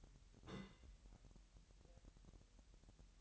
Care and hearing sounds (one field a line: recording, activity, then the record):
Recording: daily activity, microphone in the room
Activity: place on stove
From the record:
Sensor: 3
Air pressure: 1002.0 hPa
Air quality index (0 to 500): 246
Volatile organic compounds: 48 ppm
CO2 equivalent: 3275 ppm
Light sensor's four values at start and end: 6/15/6/6 and 6/15/6/6